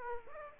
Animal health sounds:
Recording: mosquito wingbeat signal from an infrared sensor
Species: Aedes aegypti

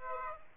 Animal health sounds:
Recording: mosquito wingbeat signal from an infrared sensor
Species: Aedes aegypti

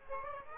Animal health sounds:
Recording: mosquito wingbeat signal from an infrared sensor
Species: Aedes aegypti

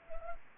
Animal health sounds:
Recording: mosquito wingbeat signal from an infrared sensor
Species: Anopheles gambiae

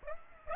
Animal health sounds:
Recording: mosquito wingbeat signal from an infrared sensor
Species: Aedes aegypti

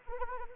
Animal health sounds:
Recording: mosquito wingbeat signal from an infrared sensor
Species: Anopheles arabiensis

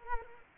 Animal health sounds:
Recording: mosquito wingbeat signal from an infrared sensor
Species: Culex quinquefasciatus

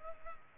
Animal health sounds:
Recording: mosquito wingbeat signal from an infrared sensor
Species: Culex pipiens

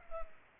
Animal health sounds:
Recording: mosquito wingbeat signal from an infrared sensor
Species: Culex pipiens

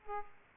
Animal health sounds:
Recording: mosquito wingbeat signal from an infrared sensor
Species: Aedes aegypti

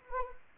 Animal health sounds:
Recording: mosquito wingbeat signal from an infrared sensor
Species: Anopheles arabiensis

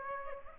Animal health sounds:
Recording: mosquito wingbeat signal from an infrared sensor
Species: Aedes aegypti

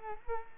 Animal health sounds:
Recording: mosquito wingbeat signal from an infrared sensor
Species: Culex quinquefasciatus

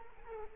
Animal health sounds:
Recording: mosquito wingbeat signal from an infrared sensor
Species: Culex quinquefasciatus

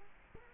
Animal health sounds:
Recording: mosquito wingbeat signal from an infrared sensor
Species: Culex quinquefasciatus

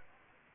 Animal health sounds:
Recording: mosquito wingbeat signal from an infrared sensor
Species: Culex pipiens

